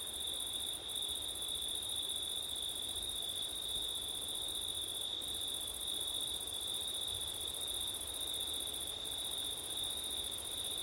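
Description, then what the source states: Crickets trilling without a break, a steady high whine joined by a shimmering upper tone that dips out three times; light wind rumble in the background. Crickets on a September night, with wind; ortif (ORTF) microphone setup.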